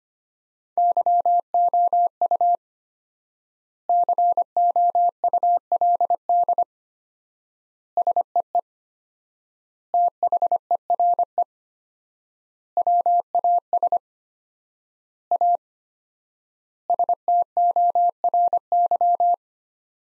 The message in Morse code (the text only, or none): YOU COULD SEE THERE WAS A STORY